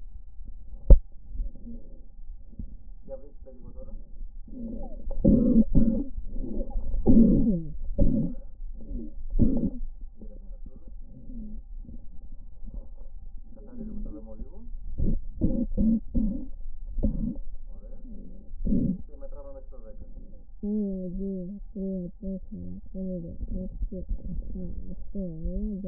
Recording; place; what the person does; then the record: lung sounds by stethoscope; left posterior basal chest; quiet breathing, then cough and speech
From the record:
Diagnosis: asthma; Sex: female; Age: 56 years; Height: 161 cm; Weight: 85 kg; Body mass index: 32.8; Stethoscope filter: diaphragm mode